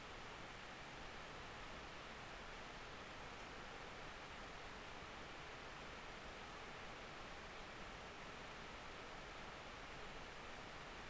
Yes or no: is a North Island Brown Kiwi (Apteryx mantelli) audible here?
no